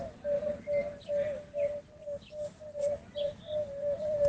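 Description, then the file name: Yellow-bellied toad giving a series of soft, hollow hoots in quick succession, with thin bird chirps and whistles faintly behind. "canto ululone"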